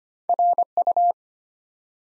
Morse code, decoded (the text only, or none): RU